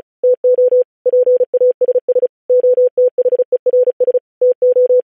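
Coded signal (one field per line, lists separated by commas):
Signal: Morse code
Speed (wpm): 36 wpm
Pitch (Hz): 500 Hz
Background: none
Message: TO PASS OTHERS TO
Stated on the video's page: Software-generated Morse at 35 WPM with standard spacing.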